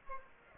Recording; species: mosquito wingbeat signal from an infrared sensor; Aedes aegypti